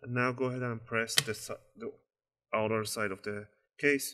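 A hand prepares to press the plastic bottom cover of a Lenovo IdeaPad Flex 14 laptop down along its outer edge so its clips snap into the chassis, while reassembling it after an SSD upgrade. Someone talks throughout, with short pauses between phrases. Nothing has seated or clicked yet by the end of the clip.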